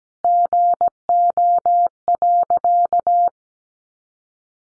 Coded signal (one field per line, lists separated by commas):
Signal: Morse code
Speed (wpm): 17 wpm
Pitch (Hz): 700 Hz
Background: none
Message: GO.